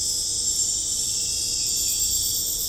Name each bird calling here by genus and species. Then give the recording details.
none. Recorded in pastures near Puerto Asís, Putumayo, Colombia, on 18 December 2024 at 22:00. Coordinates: 0.496, -76.326. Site G004